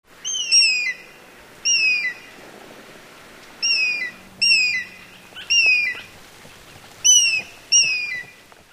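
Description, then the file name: Eagle calls: seven high, thin whistled notes, spaced irregularly over a few seconds, over a faint background hiss. "aigle"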